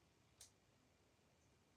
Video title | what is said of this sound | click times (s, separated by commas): HOW TO - Build and Magnetize, Belial Grandmaster of the Deathwing | and that goe there it almost actually has got a bit of a satisfying click I don't know whether you heard that | 0.4 s